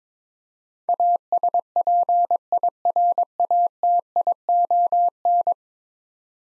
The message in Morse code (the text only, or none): ASPIRATION